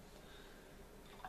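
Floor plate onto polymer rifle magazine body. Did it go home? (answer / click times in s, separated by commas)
no / none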